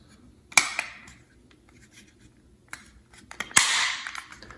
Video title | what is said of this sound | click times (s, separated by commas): Garage Remote Battery Replacement | I'm going to put the top back on it and just squeeze them together until I hear a couple of snaps. | 3.4 s, 3.6 s